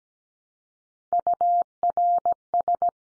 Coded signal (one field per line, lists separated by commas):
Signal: Morse code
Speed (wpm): 17 wpm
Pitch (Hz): 700 Hz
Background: none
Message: URS